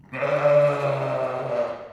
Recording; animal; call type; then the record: contact call of a hoofed animal; sheep; low-frequency (closed-mouth) or high-frequency (open-mouth) call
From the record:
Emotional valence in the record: negative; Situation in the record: short social isolation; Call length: 1.93 s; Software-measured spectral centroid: 1400 Hz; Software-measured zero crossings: 1480 a second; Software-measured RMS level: -23 dBFS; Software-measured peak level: -8 dBFS